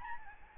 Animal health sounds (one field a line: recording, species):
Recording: mosquito wingbeat signal from an infrared sensor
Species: Aedes albopictus